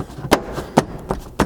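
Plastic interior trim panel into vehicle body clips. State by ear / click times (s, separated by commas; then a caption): not seated / none. A plastic interior trim panel on a Bronco Sport, during a roof rack install, is slid back up and lined up against its clips on the vehicle body. Four short taps and thuds land at about 0.3, 0.8, 1.1 and 1.4 s, with no speech. Nothing has seated or clicked yet.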